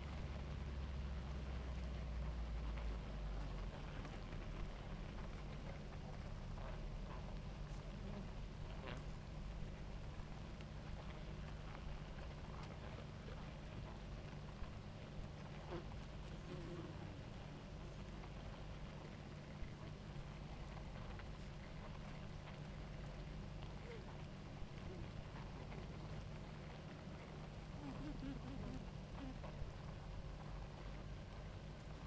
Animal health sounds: honeybee colony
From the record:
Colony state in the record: active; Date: 28 July 2017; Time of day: 18:17

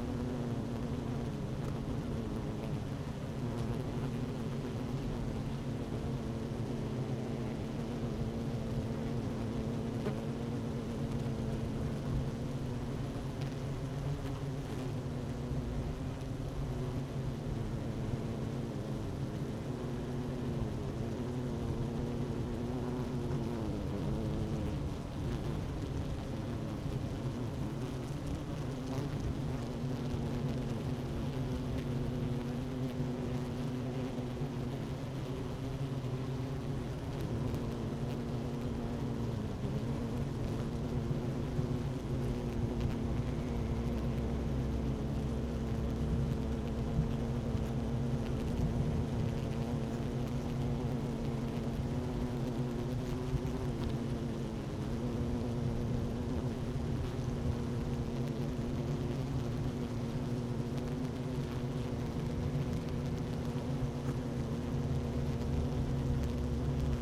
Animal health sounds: honeybee colony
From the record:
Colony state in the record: active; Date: 12 June 2018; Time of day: 11:41

